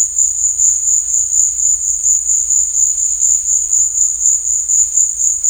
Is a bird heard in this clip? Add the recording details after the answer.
no. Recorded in dense forest near Puerto Asís, Putumayo, Colombia, on 18 December 2024 at 15:30. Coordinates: 0.481, -76.323. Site G100